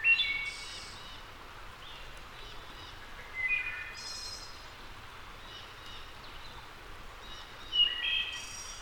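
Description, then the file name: Wood thrush song: three fluty phrases a few seconds apart, each of clear whistled notes followed by a high, shimmering buzzy trill, over steady background hiss. "wood thrush return"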